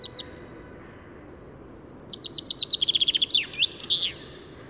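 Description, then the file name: Common chaffinch gives a few sharp high notes, then after a pause a full song of rapid descending chirps building to a loud terminal flourish. "Fringilla coelebs"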